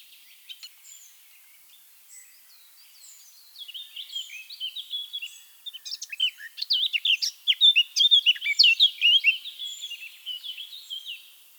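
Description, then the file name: Eurasian blackcap song: soft scattered notes building into a rich, fast warble of varied clear whistled notes, loudest in the latter half. "Sylvia atricapilla"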